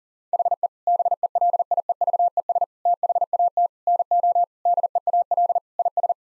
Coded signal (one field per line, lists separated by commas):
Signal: Morse code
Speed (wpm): 37 wpm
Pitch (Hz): 700 Hz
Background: none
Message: HE BELIEVES THAT NO DEAL IS